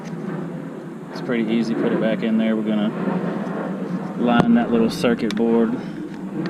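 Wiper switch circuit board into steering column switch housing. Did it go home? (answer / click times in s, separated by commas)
no / none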